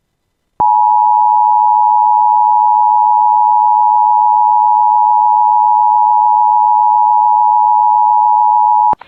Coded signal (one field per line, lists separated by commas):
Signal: Emergency Alert System (SAME) tones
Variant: 853 and 960 Hz attention tone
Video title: [EAS] Severe Thunderstorm Warning for Bemidji (7/27/25)